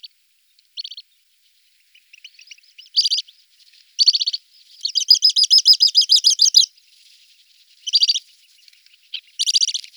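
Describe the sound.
Bird song of short bright chirped phrases, then a fast run of rapid repeated notes near the middle, followed by more brief twittering bursts.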